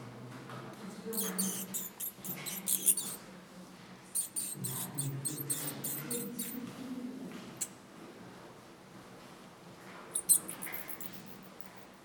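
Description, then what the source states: Bat chatter, quick high squeaky bursts in rapid series through the first half and again near ten seconds, with a low rumbling background. Soundscape.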